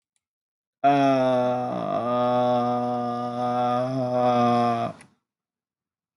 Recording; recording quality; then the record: sustained vowel as in made; excellent, no background noise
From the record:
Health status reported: healthy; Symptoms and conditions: asthma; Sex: male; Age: 22 years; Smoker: not ticked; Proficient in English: yes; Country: India